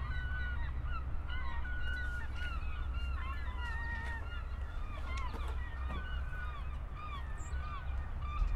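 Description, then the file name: A gull chorus of drawn-out, bending mewing and yelping notes, several birds overlapping, over a low constant rumble. Recorded on 7 August 2008. "20080807 Seagulls"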